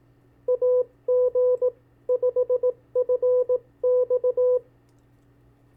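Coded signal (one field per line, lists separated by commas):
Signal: Morse code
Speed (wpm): 18 wpm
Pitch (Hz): 500 Hz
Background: none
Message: AG5FX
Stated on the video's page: Callsign copy practice, 40 calls sent at 15 and 18 wpm.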